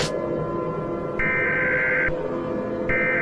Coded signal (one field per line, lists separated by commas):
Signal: Emergency Alert System (SAME) tones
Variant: header bursts